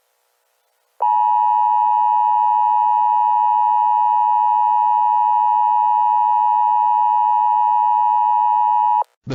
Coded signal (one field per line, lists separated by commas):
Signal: Emergency Alert System (SAME) tones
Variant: 853 and 960 Hz attention tone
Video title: Push The Button: An EAS Scenario